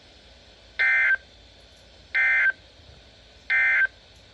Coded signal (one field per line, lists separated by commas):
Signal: Emergency Alert System (SAME) tones